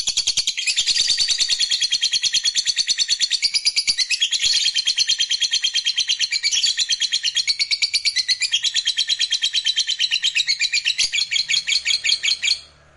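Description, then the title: Lovebird chattering, a long unbroken stream of rapid, harsh, high-pitched notes with shifting pitch, ending abruptly near the close. "Suara Lovebird"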